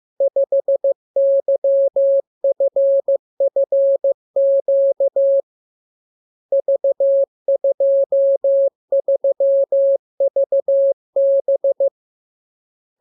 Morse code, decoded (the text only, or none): 5YFFQ V23VB